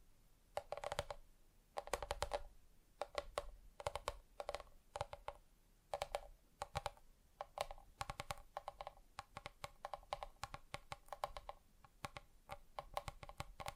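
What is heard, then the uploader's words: Fingertips tap on hard surfaces in quick bursts, with clusters of sharp clicks separated by short pauses throughout. The taps are crisp, some with a hollow ringing tone, and a quiet hum sits underneath. ASMR Just Tapping (Different Surfaces No Talking).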